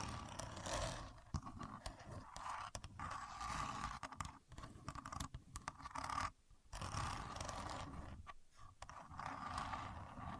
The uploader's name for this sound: Using A Contour Gauge (No Talking)